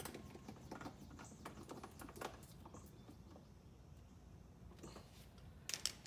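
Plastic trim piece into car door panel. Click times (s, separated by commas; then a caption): 5.9 s. A plastic trim piece is pressed into a Lexus/Toyota car door panel, with light tapping and handling noises during the first few seconds. A sharp snap comes at 5.9 s as the trim piece seats in place.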